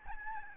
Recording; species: mosquito wingbeat signal from an infrared sensor; Aedes albopictus